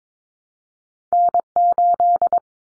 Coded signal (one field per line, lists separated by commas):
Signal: Morse code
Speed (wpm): 22 wpm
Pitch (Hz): 700 Hz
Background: none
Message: N8